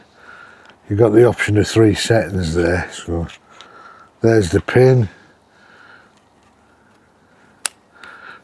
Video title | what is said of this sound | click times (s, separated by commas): 🔥STOP Buying Expensive Chairs… This Amazon Budget One Is Insane! | There we are. That's locked into place now. | 7.7 s